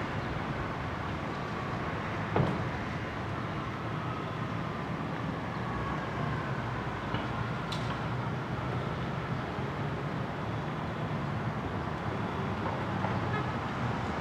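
Steady outdoor noise from a Brooklyn roof, a dense, even rush of passing traffic with a low rumble underneath. A sharp click or knock sounds around two seconds in, and a brief higher ting near eight seconds, while the wash stays constant throughout.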